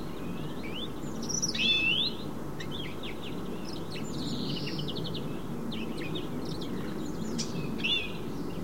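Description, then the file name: European greenfinch calls: a scattered series of short, chirping and sweeping notes over a steady low rumble of background noise. "Chloris chloris"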